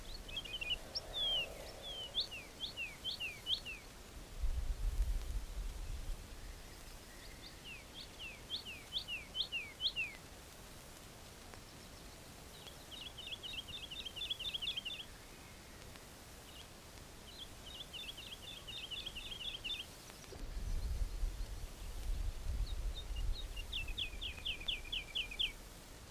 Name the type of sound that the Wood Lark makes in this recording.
song